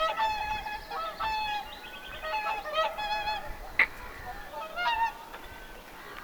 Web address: paivat 1 6 2025 laulujoutsenten aantelya kesalla ilmeisten nuorten rannalla